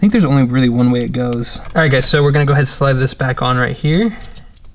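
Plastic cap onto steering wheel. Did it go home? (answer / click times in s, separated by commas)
no / none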